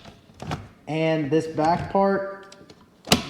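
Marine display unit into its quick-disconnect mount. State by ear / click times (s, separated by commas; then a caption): seated / 3.1 s. Someone talks as a Garmin ECHOMAP Ultra 126sv fishfinder display head is pushed onto its quick-disconnect bail mount, which lets it come off without unhooking all the connections. A sharp, loud click at 3.1 s marks the back latch locking the unit in place.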